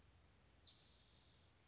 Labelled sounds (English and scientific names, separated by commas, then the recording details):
Spotted Towhee (Pipilo maculatus)
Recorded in Sonoma County, California